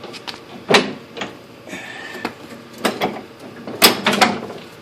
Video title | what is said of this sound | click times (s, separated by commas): Dan's Tractor | Oh, they snap right in. | 4.1 s, 4.2 s